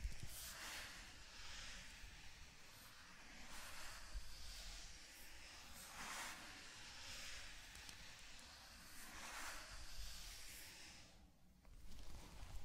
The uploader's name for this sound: Zen Garden - Sand Crinkle Brushing Tapping Cup Sounds